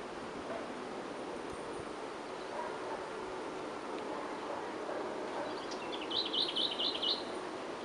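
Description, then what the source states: Lesser whitethroat call: a few faint high notes lead into a quick run of about five bright repeated notes near the end, against constant low hiss. Recorded 22 May 2018.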